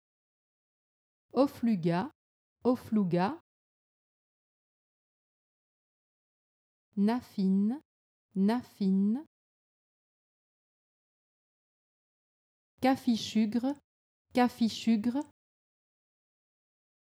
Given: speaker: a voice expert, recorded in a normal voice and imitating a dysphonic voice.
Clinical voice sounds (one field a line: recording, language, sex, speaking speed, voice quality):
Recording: pseudo-word pairs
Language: French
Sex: female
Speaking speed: normal speed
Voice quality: normal voice